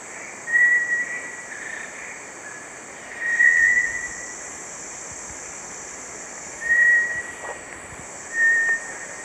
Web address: Natures Songs S America Eastern Lowlands. Crypturellus bartletti, calls